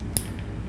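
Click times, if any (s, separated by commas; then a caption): 0.2 s. On a 1977 Pontiac Trans Am instrument cluster, a wiring harness connector that failed to latch a moment earlier is pushed again into its dash/instrument cluster socket. It seats with a single sharp, bright click at 0.2 s, followed by a much fainter tick at about 0.4 s against a low steady background. The connector is now latched in place.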